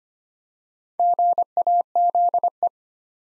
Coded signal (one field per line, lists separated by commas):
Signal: Morse code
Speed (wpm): 25 wpm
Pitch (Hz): 700 Hz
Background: none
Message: GAZE